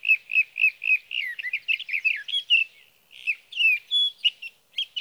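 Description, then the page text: Sage thrasher singing a row of repeated notes that shift into a varied warble, with a brief gap and then more whistled phrases. Male singing through the night near his night roost, Sierra Valley, California, evening of June 12 to morning of June 15, 2018; recorded with a Swift recorder. "61. Sage thrasher songs, through the night. For three nights, from the evening of June 12 to the morning of June 15, 2018, in Sierra Valley, California, I placed a Swift recorder near a male's night roost."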